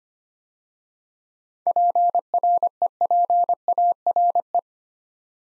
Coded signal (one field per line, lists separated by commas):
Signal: Morse code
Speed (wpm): 25 wpm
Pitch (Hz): 700 Hz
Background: none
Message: PREPARE